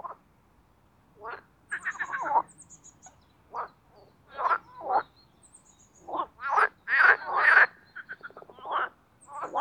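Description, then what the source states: Marsh frogs croaking, sparse pulsed calls at first, then louder bursts of rattling laughter late on. Spring mating chorus in an artificial boating pond at Parc Chédeville, Oise; after a cold night, calling starts timidly.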